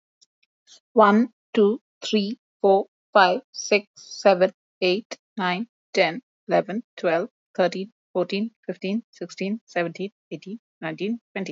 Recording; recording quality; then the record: counting at a normal pace; excellent, no background noise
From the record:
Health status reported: healthy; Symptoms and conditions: none ticked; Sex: female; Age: 45 years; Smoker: not ticked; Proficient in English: yes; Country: India